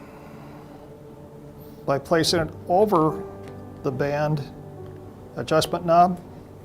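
A battery pack for an IRIDEX TruFocus LIO Premiere laser indirect ophthalmoscope is being handled and placed over the band adjustment knob on the back of the headband, where it locks into place. Someone talks in short bursts over a steady background of music. The battery has not locked or clicked into place yet.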